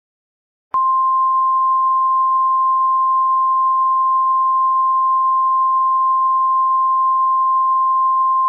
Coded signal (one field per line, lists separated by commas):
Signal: Emergency Alert System (SAME) tones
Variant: 1050 Hz attention tone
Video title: EAS Mock - 2010 Zombie Warning Remake